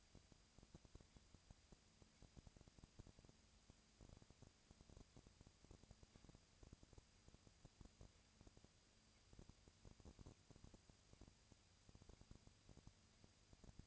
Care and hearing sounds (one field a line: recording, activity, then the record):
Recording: daily activity, microphone in the room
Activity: no activity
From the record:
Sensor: 2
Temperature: 20.1 degrees Celsius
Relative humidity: 35.5%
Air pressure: 996.7 hPa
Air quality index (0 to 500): 198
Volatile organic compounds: 30 ppm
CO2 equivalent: 2959 ppm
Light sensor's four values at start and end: 2/3/2/2 and 2/3/2/2